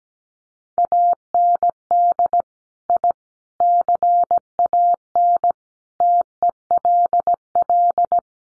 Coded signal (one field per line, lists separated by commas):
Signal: Morse code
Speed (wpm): 17 wpm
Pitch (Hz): 700 Hz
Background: none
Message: AND I CAN TELL